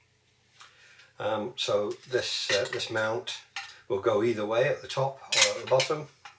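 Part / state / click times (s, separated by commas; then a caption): mounting bracket sliding onto a mobile radio transceiver body / not seated / none. Someone talks while handling the detachable slide-mount bracket of a Yaesu FTM-300D mobile radio transceiver, which can go on either the top or the bottom of the radio body and slides along rails until it locks. Speech with light metallic clinks of handling is heard. The bracket has not seated or clicked into place yet.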